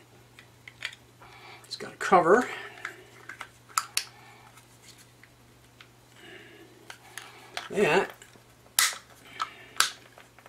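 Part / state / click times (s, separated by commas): cover or module onto development board base / seated / 8.8 s, 9.8 s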